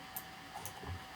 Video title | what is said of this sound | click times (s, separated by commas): Backyard Living - Episode 20 - Craftsman V20 Drill & Impact Driver Review | pops in locked in | 0.2 s, 0.7 s